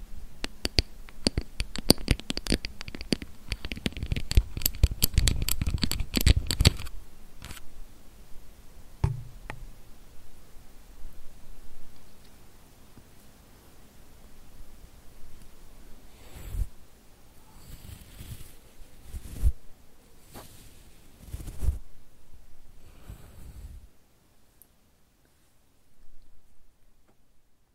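Quick tapping and scratching on a camera lens fills the first seven seconds, a dense run of sharp clicks with a low thumping underneath. After that it thins out to scattered soft brushing strokes and occasional louder taps, trailing off into near silence by the end.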